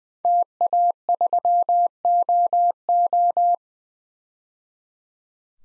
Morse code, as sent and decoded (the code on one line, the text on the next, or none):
- .- ...-- --- ---
TA3OO